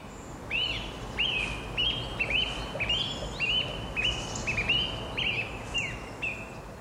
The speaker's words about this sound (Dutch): hoor je makkelijker zanglijsters het hele jaar door dan merels. En dit klinkt een beetje als een voorzichtige oefenzang. Ja, voor het voorjaar dus.